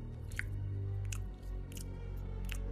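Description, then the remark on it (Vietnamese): Wet, smacking chewing sounds of someone eating, coming from a room across the hallway at night, repeat in an uneven rhythm, with a few sharper squelching bites over a low, steady rumble. No one speaks. “Bước đến gần, Quân nhận ra đây như là một tiếng ai đó đang ăn uống.”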